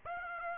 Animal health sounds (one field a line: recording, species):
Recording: mosquito wingbeat signal from an infrared sensor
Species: Aedes aegypti